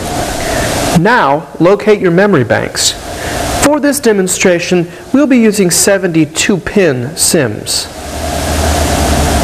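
A 72-pin SIMM memory module is handled near its motherboard memory socket while someone talks over a steady background hiss. Nothing has seated or clicked yet.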